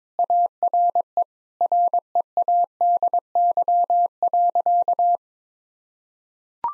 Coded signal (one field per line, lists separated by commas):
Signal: Morse code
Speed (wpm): 22 wpm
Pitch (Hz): 700 Hz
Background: none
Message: ARE READY.